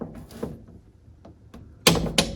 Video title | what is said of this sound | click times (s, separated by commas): Replace outdrive lower unit shift shaft and crank - DIY | there it is you hear that click that indicates that this bushing is properly set to 50 pounds | 1.9 s, 2.2 s